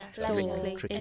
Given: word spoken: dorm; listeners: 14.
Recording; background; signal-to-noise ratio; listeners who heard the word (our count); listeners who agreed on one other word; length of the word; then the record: one English word in noise, from a listening test; four-talker babble; -2.1 dB; 0 of 14; 6 of 14; 0.61 s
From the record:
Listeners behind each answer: 6, 2, 1, 1, 1, 1, 1, 1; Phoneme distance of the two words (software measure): 24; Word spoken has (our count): 1 syllable, 3 phonemes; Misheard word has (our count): 1 syllable, 3 phonemes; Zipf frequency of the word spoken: 2.69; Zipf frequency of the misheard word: 4.63